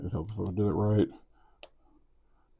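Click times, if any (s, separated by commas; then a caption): 1.6 s. Someone talks while pressing a plastic Gundam Sandrock model kit part into its mating socket on the backpack assembly, then a single sharp snap sounds at 1.6 s. The part seats and the join succeeds.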